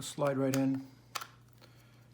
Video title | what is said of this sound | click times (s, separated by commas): Grohe Bridgeford Kitchen Faucet Spray Head Fix | it a good hard push snaps | 1.2 s